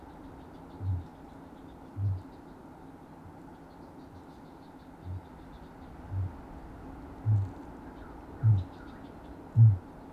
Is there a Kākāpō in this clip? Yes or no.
yes